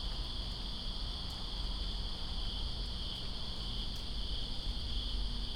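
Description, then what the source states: Crickets trill in a steady, high continuous chorus, with the constant hiss and patter of rain beneath and occasional faint clicks. In rain, Greensboro, 2017-09-02.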